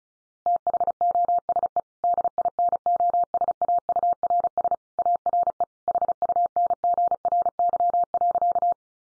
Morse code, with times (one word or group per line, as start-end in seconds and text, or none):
0.5-1.8 THOSE
2.0-4.7 DINOSAURS
5.0-5.6 ARE
5.9-8.7 HUNGRY.